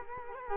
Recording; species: mosquito wingbeat signal from an infrared sensor; Culex quinquefasciatus